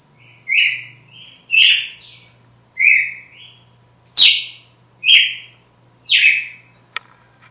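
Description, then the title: Red-cowled cardinal delivering a run of six forceful notes, some paired with softer trailing phrases, over a steady whine and faint low hum. Female; sings strongly at dawn after the moult. "Canto Galo Campina Fêmea. GALO DE CAMPINA AÇOITA FORTE NA MADRUGADA DEPOIS DA MUDA"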